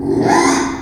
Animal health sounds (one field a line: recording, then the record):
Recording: squeal of a Yucatan mini pig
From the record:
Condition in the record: after surgery on the right vocal fold (resection and tissue-engineered implant)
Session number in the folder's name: 3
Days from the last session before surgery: 33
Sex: male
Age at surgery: 12 weeks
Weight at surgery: 13 kg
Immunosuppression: cyclosporine, prednisolone